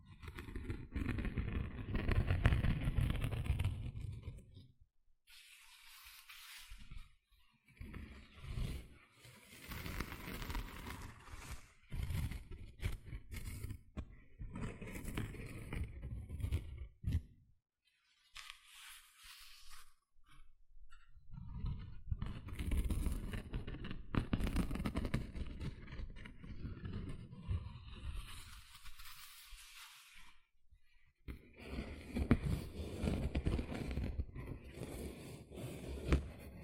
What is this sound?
Tingly Gentle Scratching Sounds